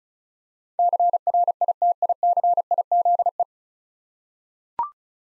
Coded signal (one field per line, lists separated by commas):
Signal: Morse code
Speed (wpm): 36 wpm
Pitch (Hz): 700 Hz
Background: none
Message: CRITICIZE